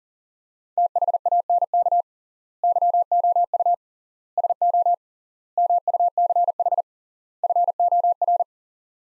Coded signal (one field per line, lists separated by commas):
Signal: Morse code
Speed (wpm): 40 wpm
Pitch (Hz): 700 Hz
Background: none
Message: THANK YOU SO MUCH FOR